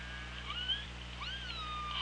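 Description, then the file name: Orca calls: two drawn-out tonal sweeps, the second rising then falling, with a higher whistle and a steady low hum. Recorded on the OrcaLab hydrophone, 24 August 2017 at 17:02. "Orca Lab UTLN JASON 20170824 170240"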